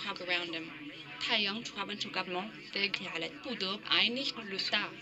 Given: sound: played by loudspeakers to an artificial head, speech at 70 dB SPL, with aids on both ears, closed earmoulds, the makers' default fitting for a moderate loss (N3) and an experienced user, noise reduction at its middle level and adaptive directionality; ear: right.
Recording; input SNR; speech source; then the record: speech test signal (ISTS) in cocktail-party noise; +6 dB; on the right (90 degrees)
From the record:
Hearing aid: class 1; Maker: D